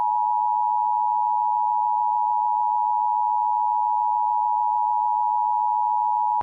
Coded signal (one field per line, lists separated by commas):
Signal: Emergency Alert System (SAME) tones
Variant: 853 and 960 Hz attention tone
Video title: (MIRROR) EAS Required Monthly Test in Illinois (05/03/11)